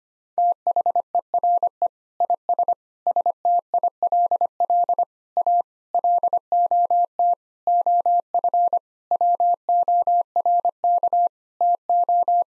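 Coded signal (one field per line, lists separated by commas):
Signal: Morse code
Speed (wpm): 25 wpm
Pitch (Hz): 700 Hz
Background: none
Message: THERE IS STILL A LOT OF WORK TO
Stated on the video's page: Morse practice sentences of common nine-word phrases at 25 wpm, for head-copy.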